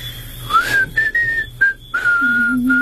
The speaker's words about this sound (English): Will you show me how to do that? What, whistle? Yeah. Easiest thing in the world. Just watch me. I'll show you how.